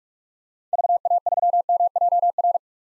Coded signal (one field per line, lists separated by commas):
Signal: Morse code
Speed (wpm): 46 wpm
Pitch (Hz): 700 Hz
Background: none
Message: VA3MJR